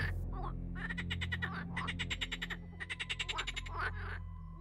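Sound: frog croaking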